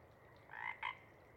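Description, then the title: Pacific chorus frog giving a single two-part ribbit, a rasping first note followed quickly by a shorter second note, over a faint background hiss. Chorus at a pond in pre-morning twilight as late night wanes; temperature torpor sets in, individuals leave to hunt; full chorus breaks into waves circling the pond, then staccato sections tapering away. "Chorus Frogs, Chorus Waxes and Wanes, pre-morning-twilight"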